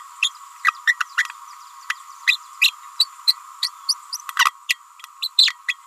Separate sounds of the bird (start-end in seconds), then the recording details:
0.22-0.31, 0.64-0.72, 0.86-0.94, 0.99-1.05, 1.89-1.93, 2.27-2.38, 2.61-2.73, 2.99-3.08, 3.27-3.33, 3.62-3.69, 3.88-3.94, 4.39-4.45, 4.69-4.77, 5.22-5.30, 5.37-5.55, 5.68-5.75. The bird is a female. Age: 29 days. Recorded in a nest box in Venezuela. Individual 17B31A3